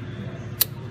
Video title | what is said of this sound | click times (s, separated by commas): Ford F-150 Fuel Filter Replacement w/ Tips! | put it until it clicks like that make sure it's fully inserted | 0.6 s